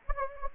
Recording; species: mosquito wingbeat signal from an infrared sensor; Anopheles gambiae